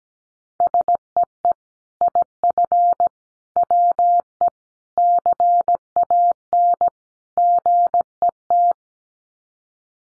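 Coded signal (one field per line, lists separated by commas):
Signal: Morse code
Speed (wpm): 17 wpm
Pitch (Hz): 700 Hz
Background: none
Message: SEE IF WE CAN GET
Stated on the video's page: Head-copy drill of common five-word groups at 17 wpm, each sent in Morse, spoken, then sent again.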